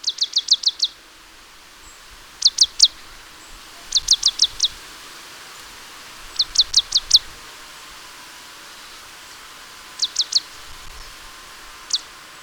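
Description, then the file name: Marsh tit calling in quick clipped strings of three to five high notes, repeated every few seconds, ending with a single note. "Poecile palustris"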